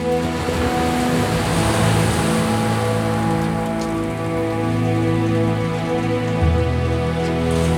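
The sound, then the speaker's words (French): Ocean waves wash in a steady, unbroken hiss of churning water, with a low sustained musical drone humming underneath and no voices. “Poussée par le vent, l'arche flotte au gré des vagues.”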